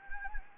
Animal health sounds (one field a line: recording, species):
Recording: mosquito wingbeat signal from an infrared sensor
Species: Anopheles gambiae